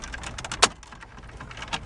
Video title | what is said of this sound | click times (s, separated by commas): Replacing Headlight Switch on 2006 GM Envoy Trailblazer Isuzu Ascender Buick Rainier | snap those in | 0.6 s